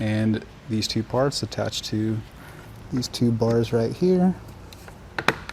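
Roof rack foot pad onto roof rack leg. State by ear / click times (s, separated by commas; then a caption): seated / 5.2 s, 5.3 s. A plastic foot pad for a Rhino-Rack 2500 Series roof rack leg, part of a custom DK fit kit for a 2015 Mazda CX-5, is pressed onto the leg with the arrow pointing out. Someone talks, then two sharp snaps at 5.2 s and 5.3 s mark the foot seating onto the leg.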